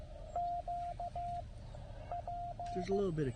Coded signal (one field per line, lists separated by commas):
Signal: Morse code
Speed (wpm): 15 wpm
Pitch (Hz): 690 Hz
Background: speech, radio noise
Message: QP